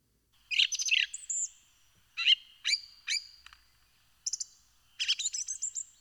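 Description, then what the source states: Song Thrush song: phrases of shrill, sharp high notes, some repeated two or three times, with short pauses between. Recorded at Kroondomein het Loo; song with many shrill, piercing tones; repeats its phrases.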